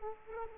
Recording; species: mosquito wingbeat signal from an infrared sensor; Culex quinquefasciatus